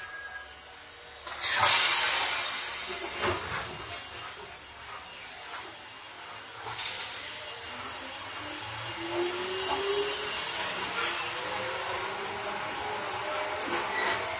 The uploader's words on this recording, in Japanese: 伊豆箱根鉄道3000系(鋼製車) 修善寺〜三島。車体は20ｍ級3扉車。